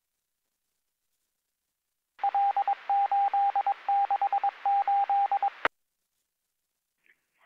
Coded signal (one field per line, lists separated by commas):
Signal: Morse code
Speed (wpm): 22 wpm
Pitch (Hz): 800 Hz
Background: radio noise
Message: L868